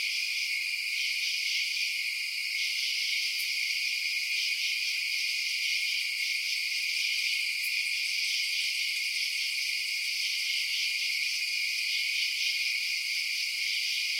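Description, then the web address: Insects in a dense, continuous high-pitched chorus of overlapping trills and buzzing, steady throughout with two brief faint clicks. Night insect ambience outdoors at night. "Blast Wave Night Insects ambience-night-insects"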